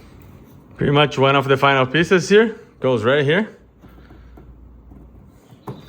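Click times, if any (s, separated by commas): 5.7 s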